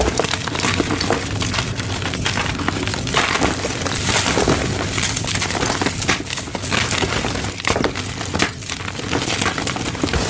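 Gym chalk being crumbled and crushed, a dense, steady run of dry crinkling and crackling with brief louder snaps scattered throughout.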